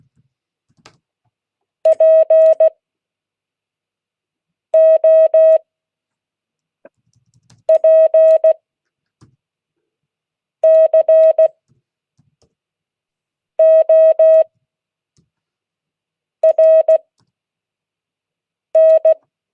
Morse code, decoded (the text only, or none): POPCORN